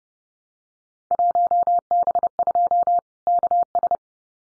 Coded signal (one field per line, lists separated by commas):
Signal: Morse code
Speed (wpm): 30 wpm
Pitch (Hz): 700 Hz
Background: none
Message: 1B2 KS